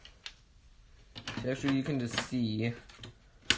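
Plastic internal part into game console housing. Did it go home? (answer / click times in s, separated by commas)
yes / 3.5 s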